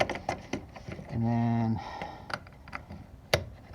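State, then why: Seated. A quick-connect fuel line is pushed onto the fuel filter fitting while someone talks, with light taps and a brief steady humming tone around 1.1 to 1.8 seconds. A sharp, loud click at 3.3 seconds confirms the connector has snapped home and is seated.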